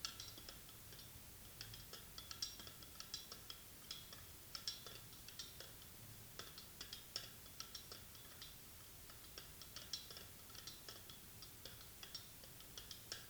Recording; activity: daily activity, guitar pickup as the sensor; fry